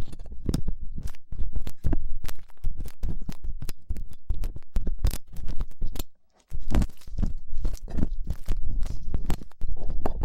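Ear cleaning with latex gloves and tools: dense, rapid crinkly scratching and crunching bursts, steady throughout, with one brief silence near six seconds.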